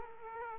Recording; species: mosquito wingbeat signal from an infrared sensor; Aedes aegypti